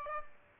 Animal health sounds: mosquito wingbeat signal from an infrared sensor; Aedes albopictus

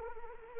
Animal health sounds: mosquito wingbeat signal from an infrared sensor; Anopheles arabiensis

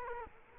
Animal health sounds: mosquito wingbeat signal from an infrared sensor; Culex quinquefasciatus

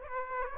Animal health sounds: mosquito wingbeat signal from an infrared sensor; Aedes aegypti

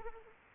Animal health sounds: mosquito wingbeat signal from an infrared sensor; Anopheles arabiensis

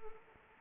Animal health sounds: mosquito wingbeat signal from an infrared sensor; Anopheles arabiensis

